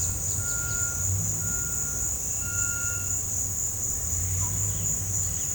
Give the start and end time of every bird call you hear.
[0.00, 1.00] bird call
[1.39, 2.13] bird call
[2.40, 3.13] bird call
[4.67, 4.84] bird call
[5.32, 5.46] bird call

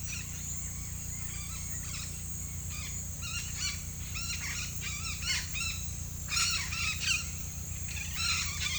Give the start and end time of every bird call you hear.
[0.00, 8.79] bird call

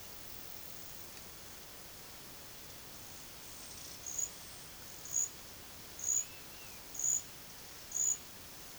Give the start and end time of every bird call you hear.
[6.23, 6.86] bird call

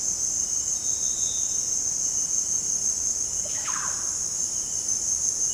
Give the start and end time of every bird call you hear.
[3.36, 4.08] bird call

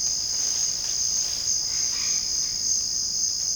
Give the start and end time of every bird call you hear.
[1.44, 2.78] bird call

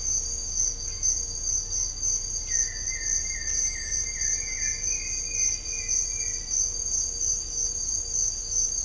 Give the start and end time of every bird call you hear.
[2.42, 6.50] bird call

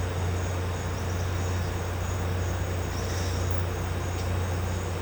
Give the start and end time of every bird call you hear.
[2.95, 3.45] bird call

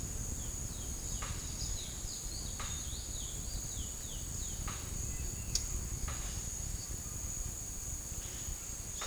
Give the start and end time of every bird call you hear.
[0.00, 4.60] bird call

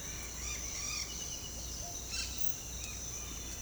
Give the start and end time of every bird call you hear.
[0.30, 1.08] bird call
[1.73, 2.26] bird call

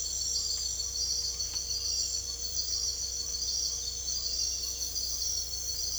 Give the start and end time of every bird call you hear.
[0.00, 2.41] bird call

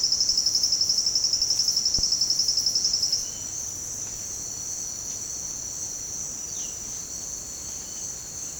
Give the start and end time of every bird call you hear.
[3.22, 3.60] bird call
[6.39, 8.55] bird call

